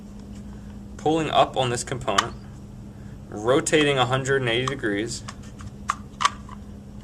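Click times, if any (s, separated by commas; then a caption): 5.9 s. A plastic component on a Graco Pack 'N Play playard frame with reversible napper and changer is released by depressing a button, lifted and rotated 180 degrees, then pushed down until it snaps into place. Someone talks, and then a sharp click is heard at 5.9 s as the component seats, with a few smaller clicks around it.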